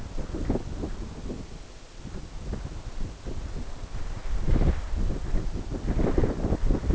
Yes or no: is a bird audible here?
no